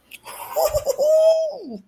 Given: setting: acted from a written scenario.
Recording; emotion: vocal sound without words; triumph